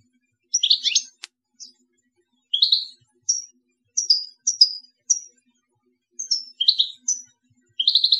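European goldfinch uttering scattered high, slurred chirps and tinkling notes in irregular bursts, with a faint click early on.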